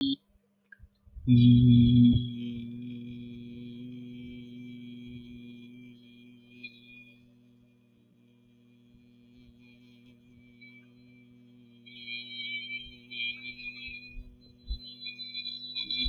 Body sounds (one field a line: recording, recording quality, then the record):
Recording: sustained vowel as in beet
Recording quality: excellent, no background noise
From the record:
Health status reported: healthy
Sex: male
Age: 18 years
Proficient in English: yes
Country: India